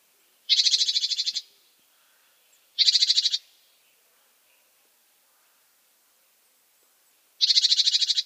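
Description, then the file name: Great tit scolding churr: three grating, rapidly pulsed rattles, the last after a longer pause, with near silence between them. "Parus major"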